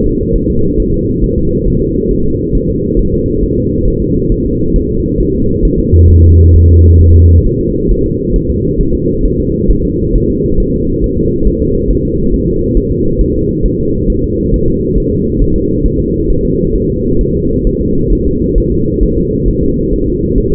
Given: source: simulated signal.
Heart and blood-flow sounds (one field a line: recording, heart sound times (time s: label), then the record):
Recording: fetal heart sounds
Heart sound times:
0.06 s: S2
0.36 s: S1
0.50 s: S2
0.80 s: S1
0.94 s: S2
1.24 s: S1
1.38 s: S2
1.67 s: S1
1.82 s: S2
2.11 s: S1
2.26 s: S2
2.55 s: S1
2.70 s: S2
2.99 s: S1
3.14 s: S2
3.43 s: S1
3.58 s: S2
3.88 s: S1
4.02 s: S2
4.32 s: S1
4.46 s: S2
4.76 s: S1
4.90 s: S2
5.20 s: S1
5.35 s: S2
5.65 s: S1
5.79 s: S2
6.10 s: S1
6.25 s: S2
6.56 s: S1
6.70 s: S2
7.01 s: S1
7.16 s: S2
7.47 s: S1
7.61 s: S2
7.91 s: S1
8.06 s: S2
8.36 s: S1
8.50 s: S2
8.81 s: S1
8.95 s: S2
9.25 s: S1
9.40 s: S2
9.70 s: S1
9.85 s: S2
10.15 s: S1
10.30 s: S2
10.60 s: S1
10.74 s: S2
11.04 s: S1
11.18 s: S2
11.47 s: S1
11.62 s: S2
11.90 s: S1
12.05 s: S2
12.34 s: S1
12.48 s: S2
12.77 s: S1
12.92 s: S2
13.21 s: S1
13.36 s: S2
13.66 s: S1
13.80 s: S2
14.10 s: S1
14.24 s: S2
14.54 s: S1
14.68 s: S2
14.98 s: S1
15.12 s: S2
15.41 s: S1
15.56 s: S2
15.86 s: S1
16.00 s: S2
16.30 s: S1
16.45 s: S2
16.76 s: S1
16.90 s: S2
17.21 s: S1
17.36 s: S2
17.67 s: S1
17.81 s: S2
18.13 s: S1
18.27 s: S2
18.58 s: S1
18.72 s: S2
19.03 s: S1
19.18 s: S2
19.48 s: S1
19.63 s: S2
19.93 s: S1
20.08 s: S2
20.38 s: S1
20.52 s: S2
From the record:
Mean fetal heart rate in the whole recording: 135 bpm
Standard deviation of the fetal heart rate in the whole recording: 3 bpm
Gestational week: 36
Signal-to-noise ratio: -15.3 dB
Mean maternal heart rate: 72 bpm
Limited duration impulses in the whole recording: present